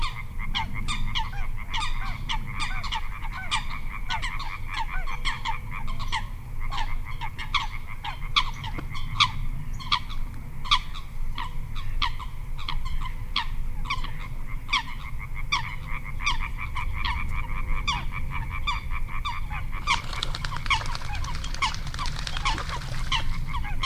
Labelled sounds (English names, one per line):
Little Crake